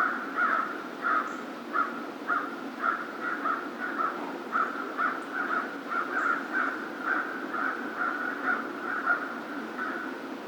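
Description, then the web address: American crow repeating coarse caws at a quick, slightly uneven pace, about two each second, against a quiet outdoor background. Recorded on 2 March 2010. "2010 03 02 American Crow"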